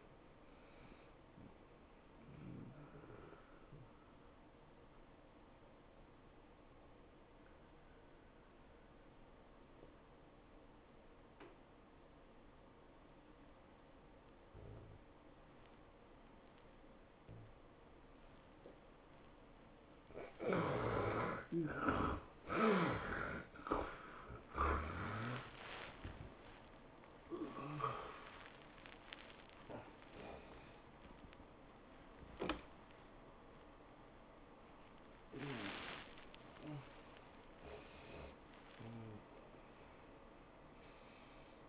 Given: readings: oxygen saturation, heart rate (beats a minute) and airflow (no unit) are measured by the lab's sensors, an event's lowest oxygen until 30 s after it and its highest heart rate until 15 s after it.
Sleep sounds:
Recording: breathing in sleep by a voice recorder at the bedside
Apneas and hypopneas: 1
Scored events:
4.00-23.70 s: obstructive apnea (N1, oxygen 95% highest, then 82% lowest, heart rate 114 at the start, 115 highest)
From the record:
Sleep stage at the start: N1 (lightest sleep)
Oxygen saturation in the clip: 71 to 95%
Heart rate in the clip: 94 to 118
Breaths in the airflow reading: 7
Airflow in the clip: -20.0 to 15.5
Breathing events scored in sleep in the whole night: 403 in 5.5 hours asleep

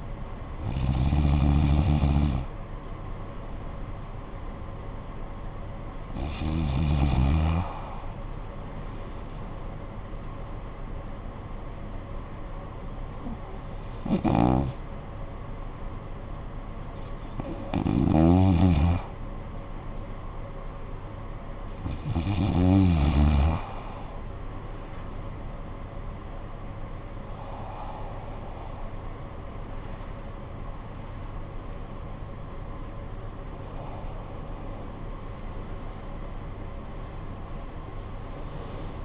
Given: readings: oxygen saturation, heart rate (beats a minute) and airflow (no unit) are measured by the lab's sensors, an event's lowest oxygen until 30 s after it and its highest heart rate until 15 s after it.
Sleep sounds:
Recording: breathing in sleep by a smartphone at the bedside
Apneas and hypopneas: 1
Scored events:
12.00-22.40 s: hypopnea (REM, oxygen 96% highest, then 93% lowest, heart rate 60 at the start, 72 highest)
From the record:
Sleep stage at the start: REM sleep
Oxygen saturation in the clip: 93 to 97%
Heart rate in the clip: 55 to 74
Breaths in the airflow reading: 7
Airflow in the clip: -10.7 to 16.5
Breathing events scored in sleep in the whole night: 445 in 7.6 hours asleep

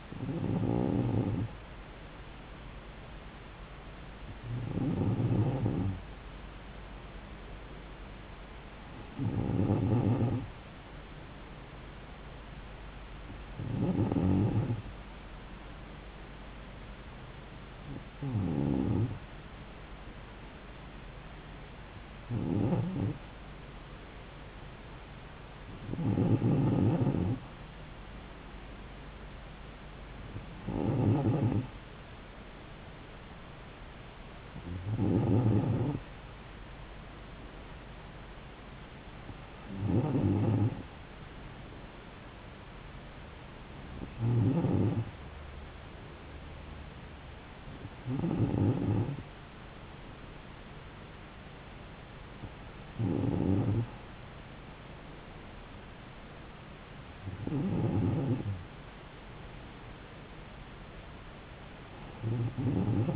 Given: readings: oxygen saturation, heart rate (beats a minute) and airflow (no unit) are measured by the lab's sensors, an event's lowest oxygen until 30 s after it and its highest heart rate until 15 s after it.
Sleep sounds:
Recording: breathing in sleep by a voice recorder at the bedside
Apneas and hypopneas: none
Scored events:
none scored
From the record:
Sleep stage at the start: N2 (light sleep)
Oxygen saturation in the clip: 94%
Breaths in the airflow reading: 14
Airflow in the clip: -3.4 to 3.5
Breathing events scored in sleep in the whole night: 270 in 6.1 hours asleep

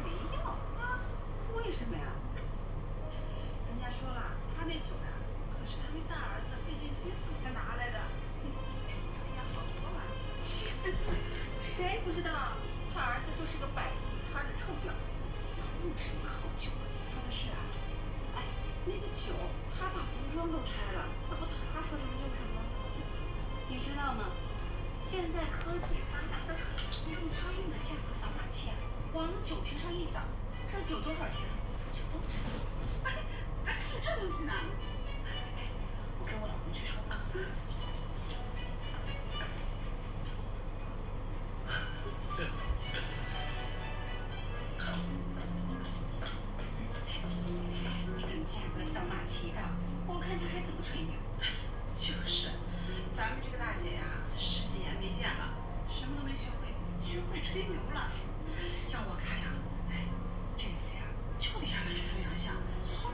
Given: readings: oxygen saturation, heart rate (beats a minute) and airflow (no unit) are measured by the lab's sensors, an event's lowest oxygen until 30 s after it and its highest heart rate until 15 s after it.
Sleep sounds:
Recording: a person awake in a sleep study, by a smartphone at the bedside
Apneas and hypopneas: none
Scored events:
0.00-63.14 s: awake
From the record:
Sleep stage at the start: awake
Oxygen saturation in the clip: 93 to 94%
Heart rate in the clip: 57 to 72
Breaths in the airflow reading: 22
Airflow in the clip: -6.7 to 7.1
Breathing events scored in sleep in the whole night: 476 in 9.7 hours asleep

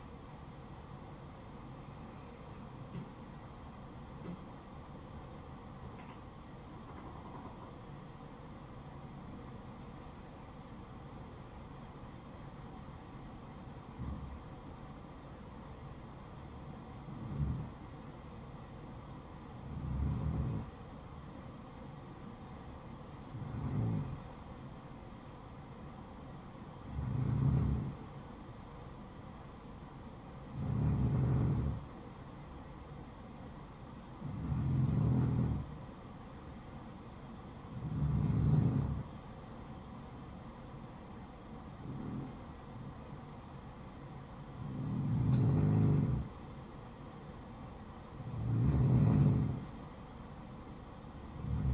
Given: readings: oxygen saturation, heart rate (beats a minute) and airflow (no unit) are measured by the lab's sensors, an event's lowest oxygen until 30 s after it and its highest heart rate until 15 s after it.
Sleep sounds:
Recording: breathing in sleep by a smartphone at the bedside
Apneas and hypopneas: 1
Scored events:
3.00-45.00 s: hypopnea (N1, oxygen 97% highest, then 93% lowest, heart rate 58 at the start, 65 highest)
From the record:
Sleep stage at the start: N1 (lightest sleep)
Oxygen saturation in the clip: 94 to 97%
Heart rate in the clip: 58 to 65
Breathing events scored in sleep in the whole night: 573 in 9.8 hours asleep

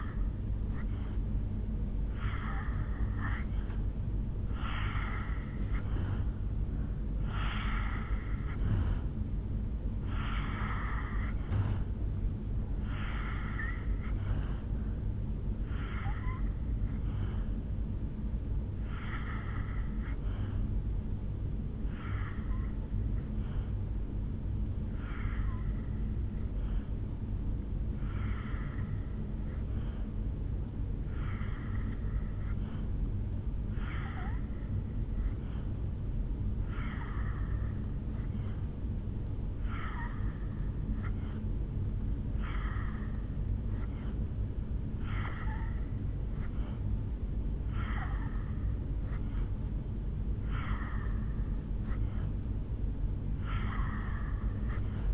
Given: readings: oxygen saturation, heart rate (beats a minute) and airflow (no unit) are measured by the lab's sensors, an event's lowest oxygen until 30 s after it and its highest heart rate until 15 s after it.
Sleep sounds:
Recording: breathing in sleep by a smartphone at the bedside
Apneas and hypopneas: 1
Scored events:
21.00-50.30 s: hypopnea (N3, oxygen 91% highest, then 83% lowest, heart rate 66 at the start, 70 highest)
41.00-55.13 s: new sleep stage, N2 (light sleep)
From the record:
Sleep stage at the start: N3 (deep sleep)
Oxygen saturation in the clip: 83 to 91%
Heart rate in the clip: 63 to 70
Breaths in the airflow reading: 12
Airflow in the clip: -5.2 to 2.3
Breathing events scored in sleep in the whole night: 449 in 7.0 hours asleep

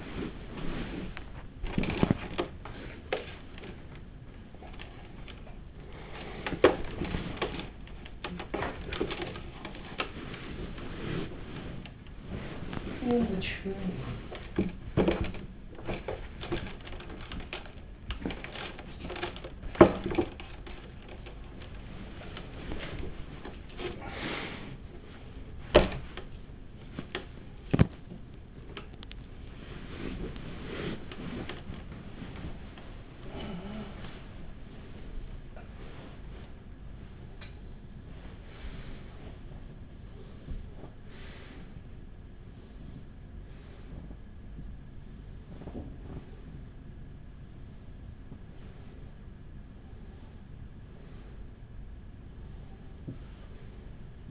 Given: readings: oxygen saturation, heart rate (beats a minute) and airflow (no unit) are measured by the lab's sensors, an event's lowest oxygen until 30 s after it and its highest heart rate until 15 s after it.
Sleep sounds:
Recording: a person awake in a sleep study, by a smartphone at the bedside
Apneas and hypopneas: none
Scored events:
0.00-54.31 s: awake
From the record:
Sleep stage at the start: awake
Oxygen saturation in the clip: 95 to 96%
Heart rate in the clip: 35 to 78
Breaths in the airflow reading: 19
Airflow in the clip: -15.9 to 12.1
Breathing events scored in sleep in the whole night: 207 in 7.6 hours asleep

